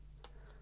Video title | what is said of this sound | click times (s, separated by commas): X-Transbots MX-VIII T AEGIS Toon version Transformers Masterpiece Trailerbreaker | the inside of the leg and you want to make sure that this hinge here just kind of clicks into place it's gonna come all the way up and click in | 0.2 s